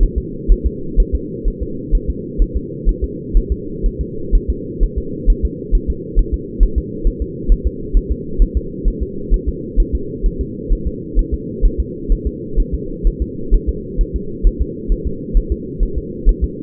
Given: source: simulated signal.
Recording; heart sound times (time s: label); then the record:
fetal heart sounds
0.03 s: S1
0.18 s: S2
0.52 s: S1
0.66 s: S2
1.00 s: S1
1.15 s: S2
1.48 s: S1
1.62 s: S2
1.95 s: S1
2.10 s: S2
2.42 s: S1
2.56 s: S2
2.89 s: S1
3.04 s: S2
3.37 s: S1
3.52 s: S2
3.86 s: S1
4.01 s: S2
4.35 s: S1
4.50 s: S2
4.83 s: S1
4.98 s: S2
5.30 s: S1
5.45 s: S2
5.75 s: S1
5.90 s: S2
6.19 s: S1
6.34 s: S2
6.63 s: S1
6.78 s: S2
7.07 s: S1
7.22 s: S2
7.52 s: S1
7.67 s: S2
7.97 s: S1
8.12 s: S2
8.42 s: S1
8.57 s: S2
8.88 s: S1
9.03 s: S2
9.34 s: S1
9.48 s: S2
9.80 s: S1
9.95 s: S2
10.26 s: S1
10.41 s: S2
10.73 s: S1
10.87 s: S2
11.19 s: S1
11.34 s: S2
11.65 s: S1
11.80 s: S2
12.12 s: S1
12.27 s: S2
12.60 s: S1
12.74 s: S2
13.07 s: S1
13.22 s: S2
13.54 s: S1
13.69 s: S2
14.01 s: S1
14.16 s: S2
14.47 s: S1
14.62 s: S2
14.92 s: S1
15.07 s: S2
15.37 s: S1
15.52 s: S2
15.83 s: S1
15.98 s: S2
16.29 s: S1
16.44 s: S2
From the record:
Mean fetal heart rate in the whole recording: 130 bpm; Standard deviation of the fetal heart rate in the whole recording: 4 bpm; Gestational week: 38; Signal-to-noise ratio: -4.3 dB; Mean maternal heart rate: 72 bpm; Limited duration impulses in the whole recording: absent